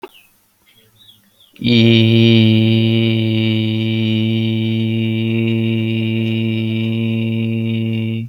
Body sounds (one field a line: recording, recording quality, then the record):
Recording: sustained vowel as in beet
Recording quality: moderate, slight background noise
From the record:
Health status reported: healthy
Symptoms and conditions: none ticked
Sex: male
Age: 29 years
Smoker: not ticked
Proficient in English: yes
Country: India